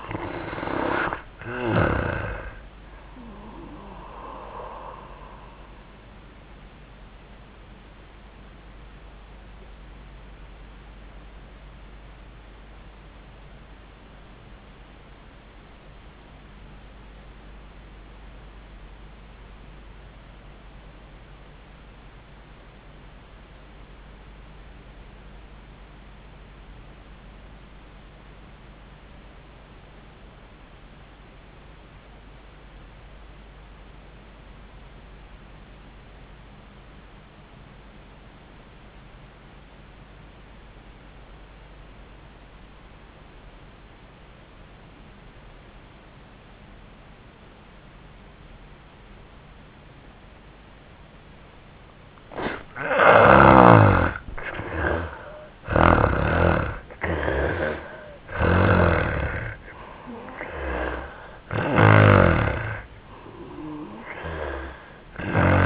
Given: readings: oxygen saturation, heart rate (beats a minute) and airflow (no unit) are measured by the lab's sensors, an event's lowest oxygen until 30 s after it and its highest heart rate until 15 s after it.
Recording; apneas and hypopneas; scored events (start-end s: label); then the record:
breathing in sleep by a voice recorder at the bedside; 1
13.00-51.70 s: obstructive apnea (N1, oxygen 98% highest, then 83% lowest, heart rate 74 at the start, 87 highest)
From the record:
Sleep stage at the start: N1 (lightest sleep); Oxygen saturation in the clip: 78 to 98%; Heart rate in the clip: 73 to 87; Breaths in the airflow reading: 7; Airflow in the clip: -5.0 to 2.7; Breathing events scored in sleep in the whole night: 400 in 8.7 hours asleep